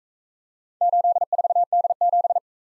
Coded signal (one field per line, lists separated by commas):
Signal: Morse code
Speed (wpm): 44 wpm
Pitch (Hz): 700 Hz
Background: none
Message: 84D7